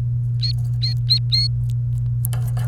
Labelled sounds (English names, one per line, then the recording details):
Domestic Canary song
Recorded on 28 April 2018 at 14:45
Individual llb3